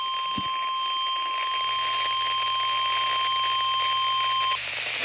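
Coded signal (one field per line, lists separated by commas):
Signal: Emergency Alert System (SAME) tones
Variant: 1050 Hz attention tone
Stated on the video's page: Severe thunderstorm warning received on a Midland HH54VP radio.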